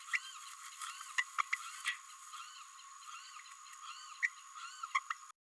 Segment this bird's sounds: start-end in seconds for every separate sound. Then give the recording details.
1.18-1.24, 1.38-1.42, 1.52-1.56, 4.22-4.29, 4.94-5.00, 5.10-5.14. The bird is a female. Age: 29 days. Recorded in a nest box in Venezuela. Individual 17B32A5